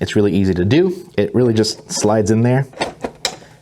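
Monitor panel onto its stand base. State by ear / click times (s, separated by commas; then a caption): seated / 3.2 s. A 24-inch monitor panel is slid onto its stand base while someone talks, with a small knock at 3.0 s. It snaps into place with a sharp click at 3.2 s.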